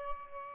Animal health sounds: mosquito wingbeat signal from an infrared sensor; Aedes albopictus

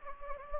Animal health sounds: mosquito wingbeat signal from an infrared sensor; Anopheles gambiae

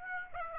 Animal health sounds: mosquito wingbeat signal from an infrared sensor; Aedes aegypti

